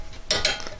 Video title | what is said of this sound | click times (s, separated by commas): Changing Civic Rear Brakes With A Scan Tool 2016 to 2021 | clicks here okay | 0.3 s